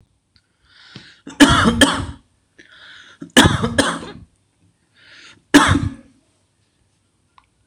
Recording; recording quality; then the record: heavy voluntary cough; excellent, no background noise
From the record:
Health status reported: exposed to COVID-19, no respiratory illness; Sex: male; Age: 30 years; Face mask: not worn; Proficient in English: yes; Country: India